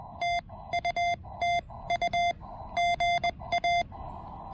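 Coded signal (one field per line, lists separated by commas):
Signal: Morse code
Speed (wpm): 22 wpm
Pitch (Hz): 690 Hz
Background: none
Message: TU TU GA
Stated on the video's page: QRP Parks on the Air activation using a TEN-TEC R4020.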